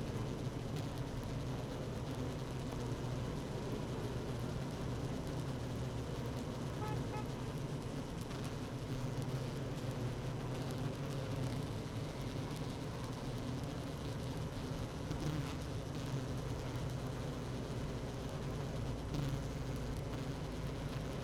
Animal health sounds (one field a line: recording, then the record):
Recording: honeybee colony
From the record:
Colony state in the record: active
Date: 12 June 2018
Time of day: 16:17